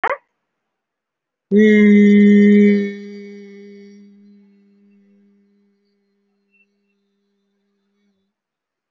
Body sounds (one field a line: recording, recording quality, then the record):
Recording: sustained vowel as in beet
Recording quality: excellent, no background noise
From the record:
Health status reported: respiratory illness, not identified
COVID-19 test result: not tested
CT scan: not taken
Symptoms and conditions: fatigue, another respiratory illness, another condition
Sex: male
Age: 65 years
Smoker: no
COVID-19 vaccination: none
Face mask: worn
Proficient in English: no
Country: India